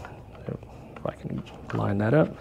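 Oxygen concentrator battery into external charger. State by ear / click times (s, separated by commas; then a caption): not seated / none. A portable oxygen concentrator battery for the Inogen One G4 is slid along the plastic rails of its external charger and lined up before being pushed home. Soft handling and sliding noises come through while someone talks. Nothing has seated or clicked yet.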